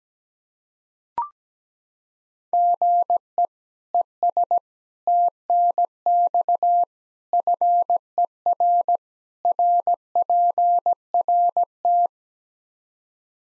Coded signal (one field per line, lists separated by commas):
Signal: Morse code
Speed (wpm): 17 wpm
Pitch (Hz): 700 Hz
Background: none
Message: GE ES TNX FER RPRT